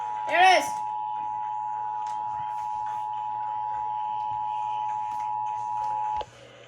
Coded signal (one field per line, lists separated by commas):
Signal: Emergency Alert System (SAME) tones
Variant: 853 and 960 Hz attention tone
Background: speech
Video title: (FOUND) Amber Alert (EAS 306)